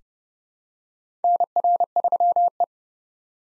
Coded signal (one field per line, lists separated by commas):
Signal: Morse code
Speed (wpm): 32 wpm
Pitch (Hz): 700 Hz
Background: none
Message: NR3E